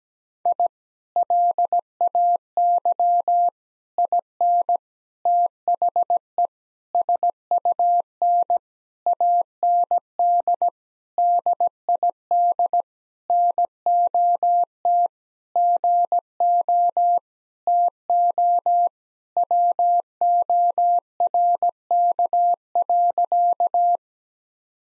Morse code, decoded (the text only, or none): I LAY IN THE SUN AND DID NOT GO TO WORK.